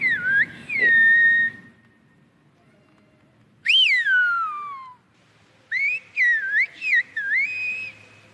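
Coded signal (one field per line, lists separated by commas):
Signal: whistled language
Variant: Silbo Gomero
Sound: three bursts of loud gliding whistles, rising and falling in pitch like speech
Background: quiet room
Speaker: Que yo sepa, este es el único sitio del mundo donde nos comunicamos con la lengua a través del silbo. Hablamos, lo articulamos.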